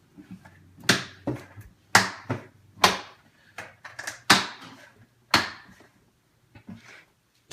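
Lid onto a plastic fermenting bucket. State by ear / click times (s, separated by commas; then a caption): seated / 0.9 s, 2.0 s, 2.8 s, 4.3 s, 5.3 s. After the yeast is pitched, the plastic lid is pressed down around the rim of a plastic fermenting bucket so that it snaps on at several points. Sharp snaps ring out at 0.9, 2.0, 2.8, 4.3 and 5.3 seconds, with quieter handling sounds between them. The lid ends up clicked tight and sealed on the bucket.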